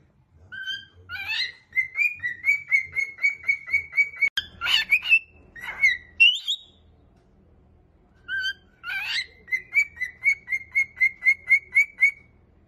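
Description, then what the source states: Cockatiel song: fast runs of short identical chirping whistles, about four per second, broken by a harsher noisy burst and a swooping note. Several cockatiels singing with whistles.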